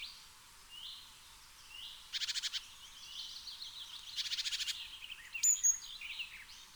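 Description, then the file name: Eurasian blue tit giving two harsh, rapid churring bursts of clicking notes, each under a second long, with a few chirps and whistles around them. "Cyanistes caeruleus"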